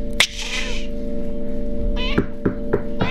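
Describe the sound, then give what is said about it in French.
A cat lets out a drawn-out, wavering meow, followed by several short, sharp bursts over a steady low hum. “Sale chat, sale chat, sale chat.”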